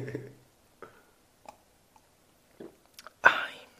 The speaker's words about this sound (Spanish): Voy a beber otro trago de Sputnik.